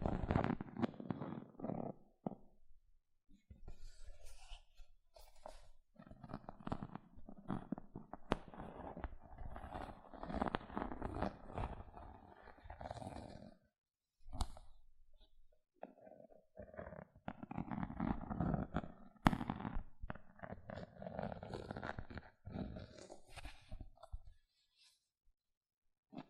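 Gentle scratching sounds come in dense, uneven bursts of soft rasping strokes, with short silent gaps around 3, 14 and 16 seconds. The texture is mostly low to mid pitched with occasional brighter sharp ticks, and it stops near 24 seconds, leaving near silence.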